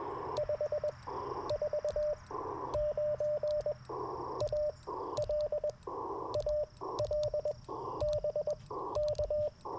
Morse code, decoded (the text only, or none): 549 AL AL BK